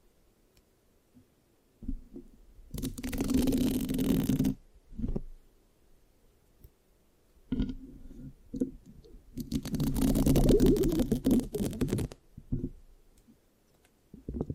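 Mic scratching comes in two dense, rough bursts around three and ten seconds, separated by softer sticky taps and brief scrapes.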